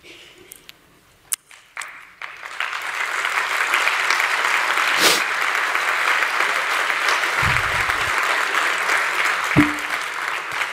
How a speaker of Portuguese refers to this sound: Isto é uma forma airosa de conseguir 2 salvas de palmas antes de começar a falar. Agora já posso dizer qualquer coisa, já valeu a pena.